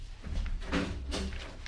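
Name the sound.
door being opened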